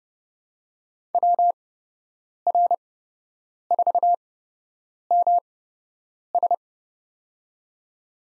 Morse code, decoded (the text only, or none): WR4MS